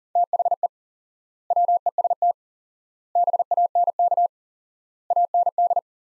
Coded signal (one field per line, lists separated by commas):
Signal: Morse code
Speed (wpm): 40 wpm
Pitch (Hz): 700 Hz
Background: none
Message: THE WEST BANK AND